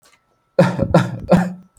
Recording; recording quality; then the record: shallow voluntary cough; excellent, no background noise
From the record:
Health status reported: healthy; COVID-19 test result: not tested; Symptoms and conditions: none ticked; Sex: male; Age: 30 years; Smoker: yes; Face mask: not worn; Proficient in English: yes